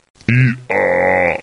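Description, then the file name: Donkey bray, a short harsh note followed by a longer, loud, rasping note with rich harmonics, lasting about a second. "Osel"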